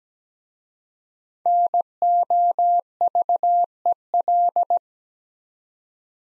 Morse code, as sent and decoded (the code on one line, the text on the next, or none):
-. --- ...- . .-..
NOVEL